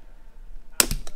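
Snap ring pliers pry at a plastic security tag, its pin held in the clutch housing, on a shoe. After a quiet lead-in, a loud, sharp snap at 0.8 s marks the lock releasing and the tag coming apart, followed by two fainter clicks at about 0.9 s and 1.1 s. The tag is released.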